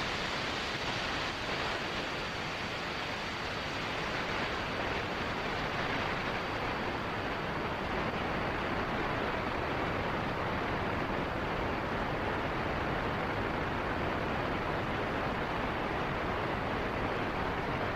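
Radio interference fills the whole 18 seconds as a dense, steady wash of static hiss, rough and crackling in the lows and bright up top. A thin, faint whine holds at one high pitch throughout, and the loudness never rises or falls.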